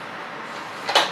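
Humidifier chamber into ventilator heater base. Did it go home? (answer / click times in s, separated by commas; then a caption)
yes / 1.0 s. A humidifier canister is slid onto the heater base of a PB980 ventilator while its blue tab is pressed down, with a faint sliding rub under steady background hiss. A short, sharp snap at 1.0 s shows the canister has locked correctly into place on the heater.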